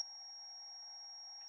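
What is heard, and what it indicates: A quiet, steady high-pitched whine over faint hiss, recreating an adult's tinnitus ringing in the left ear only, in a quieter form.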